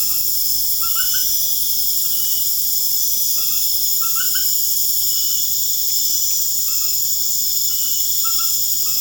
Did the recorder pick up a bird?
no